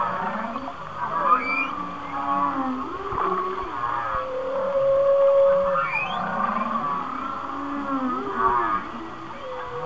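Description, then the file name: Whale song: rippling high warbles, a clear sustained whistle in the middle, scattered upswept squeaks and low wavering groans. "Whale Songs- Mike Mc Donald"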